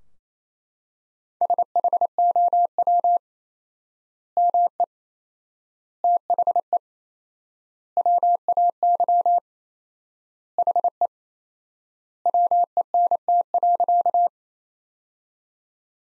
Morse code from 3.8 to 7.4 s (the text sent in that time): ME THE